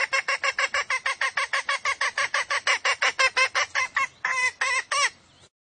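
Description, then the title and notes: Junglefowl calls: fast regular harsh clucks, ending with a few longer, rougher notes. Female junglefowl; used as a lure to attract wild junglefowl. "Pancingan Ayam Hutan Betina. Suara Ayam Hutan Betina. Pemikat Ayam Hutan"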